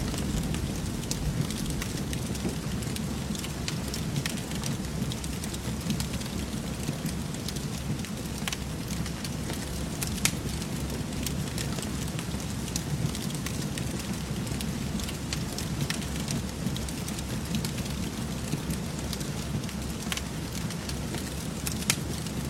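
A stove burns with a dense, steady crackle of small snaps scattered through the whole stretch, a few sharper pops standing out, such as one near the ten-second mark. Underneath sits a constant low rumble, with a soft hiss like rain filling the background.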